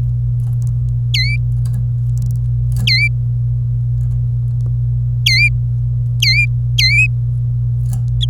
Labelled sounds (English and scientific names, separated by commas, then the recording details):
Domestic Canary (Serinus canaria) song
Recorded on 26 April 2018 at 10:14
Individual llb3